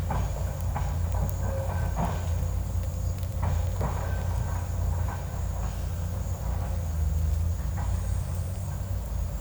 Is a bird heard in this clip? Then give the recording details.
no. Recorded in secondary vegetation near Puerto Asís, Putumayo, Colombia, on 16 December 2024 at 13:30. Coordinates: 0.499, -76.323. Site G010